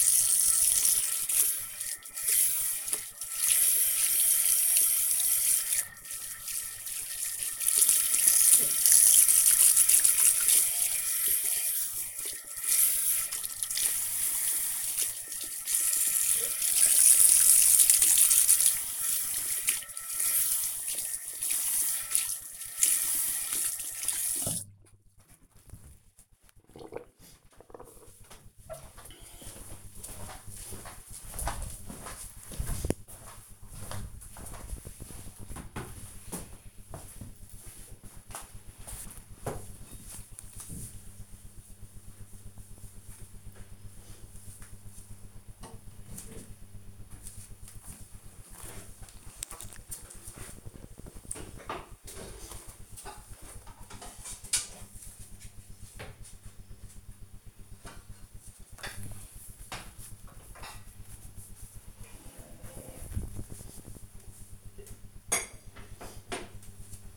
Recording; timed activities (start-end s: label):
household activities, microphone on the right wrist
0.00-24.77 s: washing hands